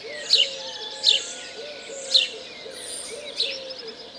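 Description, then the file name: House sparrow chirping: four sharp, bright chirps spaced about a second apart, with low wavering cooing underneath. "Passer domesticus"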